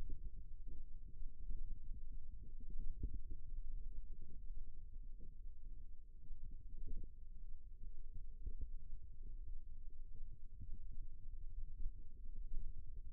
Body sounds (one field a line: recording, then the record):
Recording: forearm muscle sounds (acoustic myography)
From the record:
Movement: rest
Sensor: system 1, eight BSWA MPA416 microphones around the upper forearm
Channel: 5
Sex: male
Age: 54 years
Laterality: right